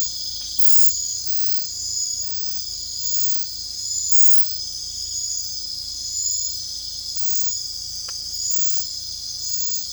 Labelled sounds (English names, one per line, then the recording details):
none
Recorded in secondary vegetation near Puerto Asís, Putumayo, Colombia, on 16 December 2024 at 22:00
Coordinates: 0.499, -76.323
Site G010